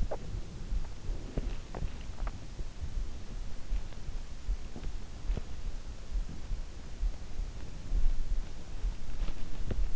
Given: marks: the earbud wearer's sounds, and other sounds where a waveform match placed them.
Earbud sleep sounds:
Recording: sounds in sleep by an in-ear microphone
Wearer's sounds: swallowing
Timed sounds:
0.00-2.48 s: swallowing

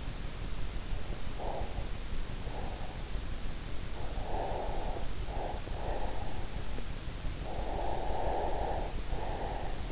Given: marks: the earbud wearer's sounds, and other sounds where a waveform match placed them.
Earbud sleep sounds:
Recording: sounds in sleep by an in-ear microphone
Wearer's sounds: breath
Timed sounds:
1.20-3.18 s: breath
3.85-6.44 s: breath
7.21-9.92 s: breath

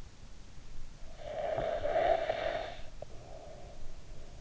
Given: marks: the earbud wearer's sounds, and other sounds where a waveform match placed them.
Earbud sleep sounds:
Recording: sounds in sleep by an in-ear microphone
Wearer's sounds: snoring breath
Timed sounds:
0.26-4.27 s: snoring breath

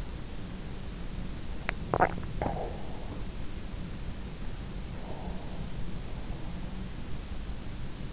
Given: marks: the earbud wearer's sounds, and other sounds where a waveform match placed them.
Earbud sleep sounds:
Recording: sounds in sleep by an in-ear microphone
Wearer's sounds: swallowing, breath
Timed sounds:
1.66-2.76 s: swallowing
4.94-6.65 s: breath

